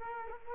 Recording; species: mosquito wingbeat signal from an infrared sensor; Culex quinquefasciatus